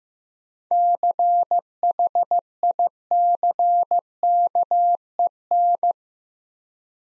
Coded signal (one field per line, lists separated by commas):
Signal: Morse code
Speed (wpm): 15 wpm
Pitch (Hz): 700 Hz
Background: none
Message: CHICKEN